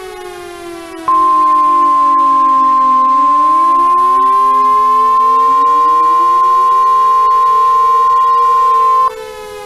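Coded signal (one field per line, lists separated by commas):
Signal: Emergency Alert System (SAME) tones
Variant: 1050 Hz attention tone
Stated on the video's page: Fictional EAS scenario, simulated alert.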